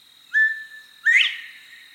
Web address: from bobwhite coveys to pairs